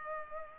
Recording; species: mosquito wingbeat signal from an infrared sensor; Culex pipiens